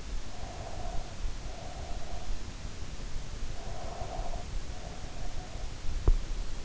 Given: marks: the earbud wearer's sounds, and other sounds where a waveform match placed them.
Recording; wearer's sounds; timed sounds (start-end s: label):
sounds in sleep by an in-ear microphone; breath
0.02-2.45 s: breath
3.54-5.26 s: breath